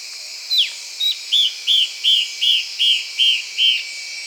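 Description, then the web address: Yellow-browed antbird calling: a downslurred whistle, then a series of about eight short, evenly spaced whistled notes, each slightly arched, against a steady high hiss. "sound Yellow-browed-antbird. صدای-پرنده-مورچه-مرغ-ابرو-زرد"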